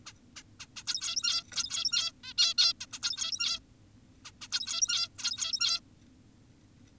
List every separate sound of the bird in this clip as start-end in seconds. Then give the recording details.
0.06-0.13, 0.36-0.43, 0.60-0.67, 0.76-0.83, 0.88-1.44, 1.52-2.12, 2.24-2.34, 2.38-2.54, 2.58-2.73, 2.81-2.86, 2.93-3.00, 3.02-3.60, 4.25-4.32, 4.42-4.48, 4.52-5.09, 5.19-5.80. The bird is an adult. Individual g17y2U